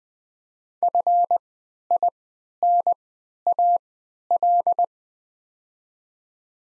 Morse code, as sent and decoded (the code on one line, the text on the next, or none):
..-. .. -. .- .-..
FINAL